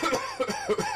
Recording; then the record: coughing mixed with background sound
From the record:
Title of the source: Dry Coughing Fit in the Afternoon.